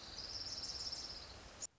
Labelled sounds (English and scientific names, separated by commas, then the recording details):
Orange-crowned Warbler (Leiothlypis celata)
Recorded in Sonoma County, California